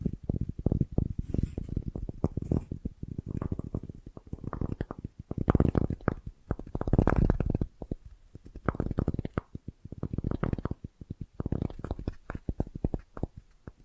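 Bracelets and jewelry boxes rattle in dense, irregular bursts of low clattering clicks, swelling louder around five to eight seconds before thinning.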